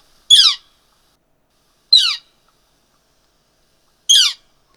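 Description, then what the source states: Northern Flicker calls: three loud, harsh, downslurred notes, each short, with long silences between. Most common woodpecker in North America; usually calls from the top of a tree, and calls are loud.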